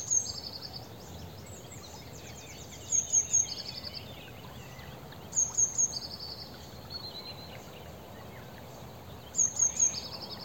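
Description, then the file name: Eurasian blue tit calls: quick runs of thin, very high notes, each followed by a buzzy churring trill, repeated four times over ten seconds against a soft, steady background hiss. "Cyanistes caeruleus"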